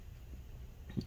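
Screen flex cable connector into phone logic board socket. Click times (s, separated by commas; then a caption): 0.9 s, 1.0 s. During an iPhone 8 Plus screen replacement, the screen's flex cable is flipped over and its connector is pressed onto the socket on the phone's logic board. Against a quiet, low hum, two soft clicks are heard at 0.9 s and 1.0 s as the connector seats and clicks into place.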